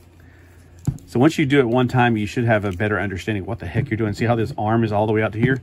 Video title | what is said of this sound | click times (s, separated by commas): TMNT x Transformers Thursday! The Party Wallop! | snaps into a place | 0.9 s, 1.0 s